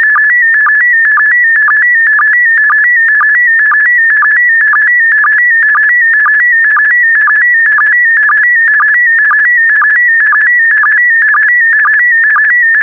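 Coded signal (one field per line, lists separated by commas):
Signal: SSTV (slow-scan television)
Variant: PD120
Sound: continuous warbling tone jumping between pitches, with a short low blip twice a second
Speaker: 5, 4, 3, 2, 1. Thank you. Transmission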